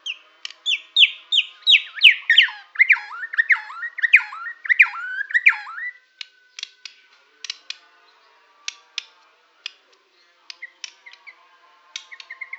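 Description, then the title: White-rumped shama song opening with a fast series of looping, downslurred whistles, then trailing into scattered sharp clicks and brief chirps. Borneo. "MURAI BORNEO MAS KIKI"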